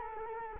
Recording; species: mosquito wingbeat signal from an infrared sensor; Culex quinquefasciatus